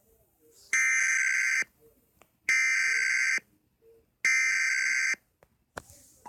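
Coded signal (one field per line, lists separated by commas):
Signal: Emergency Alert System (SAME) tones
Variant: header bursts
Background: speech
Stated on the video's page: Required Monthly Test for Massachusetts issued by a broadcast station or cable system, from an EASyPLUS unit.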